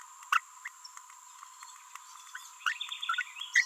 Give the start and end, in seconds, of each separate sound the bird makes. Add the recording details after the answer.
0.32-0.39, 0.66-0.68, 2.67-2.73. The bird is a female. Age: 30 days. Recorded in a nest box in Venezuela. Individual 17B42B1